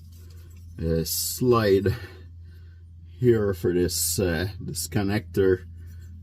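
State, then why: Not seated. An A/C compressor clutch wiring connector on a 2013–2019 Dodge Ram Classic 5.7L Hemi is being handled and slid toward its mounting clip on the bracket, where it goes at the bottom of the clip and locks into place. Someone talks throughout over a steady low hum, with only a faint, brief tick near 0.3 s. Nothing has seated or clicked yet.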